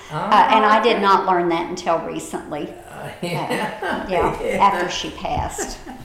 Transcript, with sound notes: And I did not learn that until recently. (Chuckling) Yeah, after she passed.